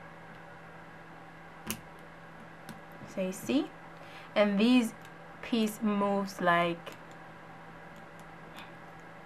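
An invisible zipper presser foot is gently pushed into its plastic foot adapter on a sewing machine and seats with a sharp click at 1.7 s. A softer tick follows at about 2.7 s, then someone talks over a steady low hum.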